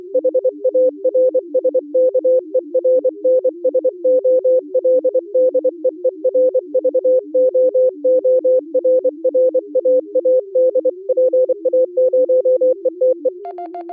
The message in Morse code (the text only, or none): HARS KERNSOLDEER VOORRAAD PA0ETE